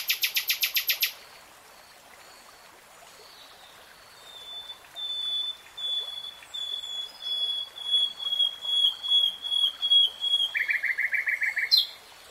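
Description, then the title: Nightingale singing: a fast buzzy rattle, then long pure whistled notes swelling in a crescendo, ending with another rapid rattling burst. Nightingale singing in real time. "[Tiếng chim hót] 3 Hours REALTIME Nightingale Singing"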